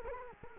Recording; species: mosquito wingbeat signal from an infrared sensor; Culex quinquefasciatus